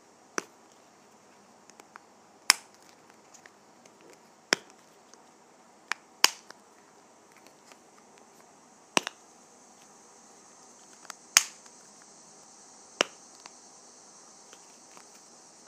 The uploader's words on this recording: ASMR Lip Gloss Container.